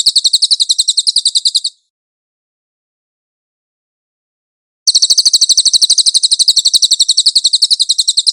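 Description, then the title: Cililin song: a quick, high trill finishes, and after three seconds of silence a new rattling run of sharp repeated notes starts. "MASTER SUARA BURUNG CILILIN"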